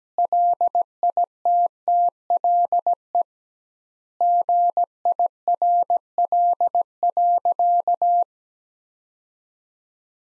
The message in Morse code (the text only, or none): LITTLE GIRL.